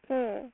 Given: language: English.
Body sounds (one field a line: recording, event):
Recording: throat vibration sensor signal played as sound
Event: speech